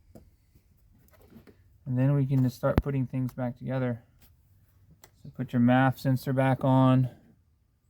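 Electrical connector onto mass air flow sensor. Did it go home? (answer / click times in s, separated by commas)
no / none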